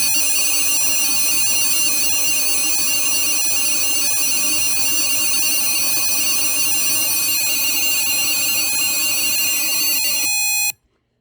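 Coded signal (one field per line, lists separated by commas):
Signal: data over sound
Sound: fast warbling two-pitch chirping, high and steady for about ten seconds, then stops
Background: electrical hum, room noise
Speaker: there we go we have our image it reminds me of the days of dialup where you would just watch your images download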